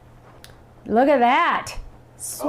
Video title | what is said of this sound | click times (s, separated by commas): Summer Card Featuring Mini Sun Fold-it Dies | oh it's like crooked hang on the magnets didn't snap hang on there we go | 0.4 s